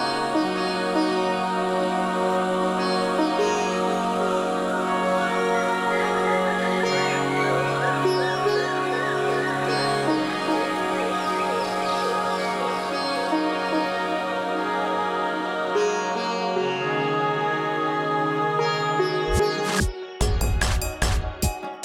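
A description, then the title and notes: A jungle-themed piece of music plays with steady, layered sustained tones over a low held bass that shifts pitch every few seconds. Busier, fluttering figures ripple through the middle. Near the end the music drops away into a few sharp, loud percussive hits. A Musical Day in the Jungle.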